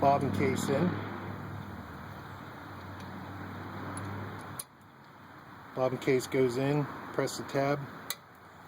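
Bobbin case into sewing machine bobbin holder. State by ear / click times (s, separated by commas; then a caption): seated / 8.1 s. A metal bobbin case is dropped into the bobbin holder of an antique Singer 29-4 cobbler leather treadle sewing machine, and its tab is pressed while someone talks over a steady background hum. A sharp click at 4.6 s comes before the latch. The latch gives a sharp tick at 8.1 s as the bobbin case locks into place.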